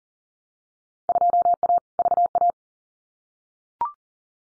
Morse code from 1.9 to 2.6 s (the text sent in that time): VA